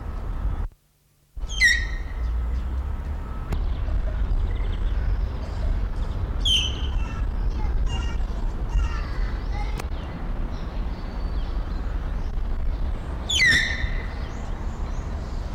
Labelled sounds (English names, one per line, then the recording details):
Malayan Tapir call
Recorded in captivity
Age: adult
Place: Zoo Berlin, Berlin, DE
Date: 1993-03-20 10:41
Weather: 5-8 ° C, böiger Wind
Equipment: Marantz CP 430, Sennheiser ME 80, Kopie Uher Variocord 263
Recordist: Tembrock, Günter